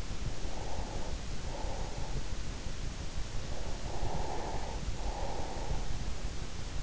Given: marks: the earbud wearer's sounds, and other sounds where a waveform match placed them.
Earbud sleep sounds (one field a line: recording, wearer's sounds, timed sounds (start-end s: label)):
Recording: sounds in sleep by an in-ear microphone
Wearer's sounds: breath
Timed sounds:
0.01-2.48 s: breath
3.26-5.99 s: breath